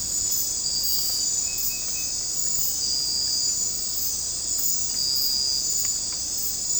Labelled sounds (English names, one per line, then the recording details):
none
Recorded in secondary vegetation near Puerto Asís, Putumayo, Colombia, on 22 December 2024 at 22:30
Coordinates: 0.481, -76.318
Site G042